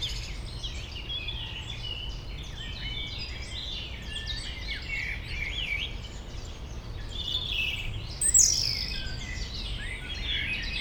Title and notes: Dans le bois de Memard 73100 Aix-les-Bains, France - rouge gorge. Un rouge gorge au premier plan entouré de merles et autre oiseaux dans ce petit bois près du Jardin Vagabond, en zone péri urbaine, arrière plan de la rumeur de la ville et des bateaux sur le lac